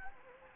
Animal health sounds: mosquito wingbeat signal from an infrared sensor; Anopheles gambiae

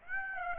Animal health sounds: mosquito wingbeat signal from an infrared sensor; Aedes aegypti

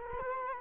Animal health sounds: mosquito wingbeat signal from an infrared sensor; Culex quinquefasciatus

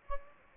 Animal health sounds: mosquito wingbeat signal from an infrared sensor; Anopheles gambiae

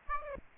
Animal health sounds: mosquito wingbeat signal from an infrared sensor; Aedes aegypti

